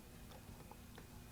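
A replacement ice dispenser control board, with plastic clips, is handled against the refrigerator door dispenser housing of a Whirlpool WRS325FDAM02 refrigerator during a repair for ice build-up. Only faint handling taps are heard, near 0.7 s and 1.0 s, over a steady low background. Nothing has seated or clicked yet.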